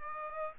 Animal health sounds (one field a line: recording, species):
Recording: mosquito wingbeat signal from an infrared sensor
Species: Aedes aegypti